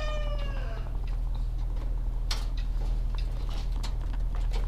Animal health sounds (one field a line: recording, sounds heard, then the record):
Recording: poultry house recording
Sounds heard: sick chickens (respiratory disease)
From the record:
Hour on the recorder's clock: 17